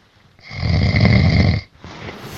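A single loud, rattling inspiratory snore lasting about one second, deep and low-pitched with a buzzing, fluttering quality, then quiet breathing. It is horrific, typical loud habitual snoring from an adult man, going on all night, caused by vibration of the soft tissues of the upper airway. It sounds echoey because the house is quiet.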